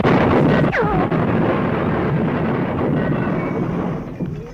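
A loud explosion erupts in a dense, roaring blast, then rumbles on as a broad wash of crackling debris and noise that slowly thins out over a few seconds.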